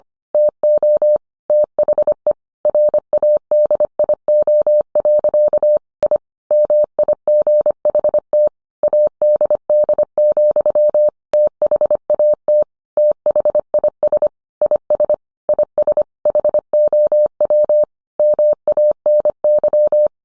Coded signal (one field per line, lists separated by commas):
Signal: Morse code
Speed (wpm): 25 wpm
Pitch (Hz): 600 Hz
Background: none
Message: TO THE RADIO. I MIGHT ADD, THAT THIS IS IS HOW MANY